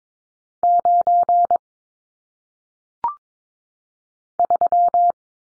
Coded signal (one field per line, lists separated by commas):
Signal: Morse code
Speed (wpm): 22 wpm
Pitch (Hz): 700 Hz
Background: none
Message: 9 3